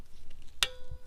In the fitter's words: There you go, there's the click.